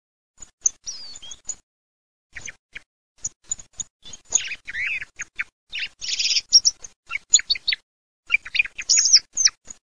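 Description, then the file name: Thrush song: a varied, fast series of sharp high chirps and short phrases in bursts separated by brief pauses. "TORDO"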